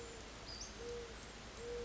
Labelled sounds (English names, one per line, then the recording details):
Mourning Dove
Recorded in Sonoma County, California